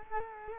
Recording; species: mosquito wingbeat signal from an infrared sensor; Culex quinquefasciatus